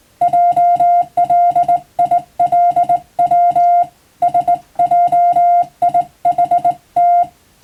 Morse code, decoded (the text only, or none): JLILW SJIHT